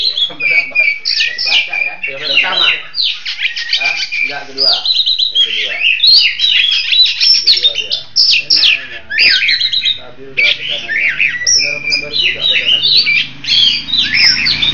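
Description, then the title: Long-tailed shrike song: a rapid medley of sharp chirps and trills, nearly continuous, with a few short breaks. "Kicau Burung Pentet"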